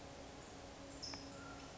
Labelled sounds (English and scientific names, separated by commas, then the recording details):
California Towhee (Melozone crissalis)
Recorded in Sonoma County, California